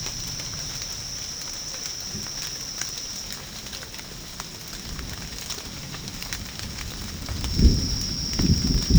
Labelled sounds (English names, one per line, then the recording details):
none
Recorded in secondary vegetation near Puerto Asís, Putumayo, Colombia, on 9 March 2025 at 12:00
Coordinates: 0.484, -76.319
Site G010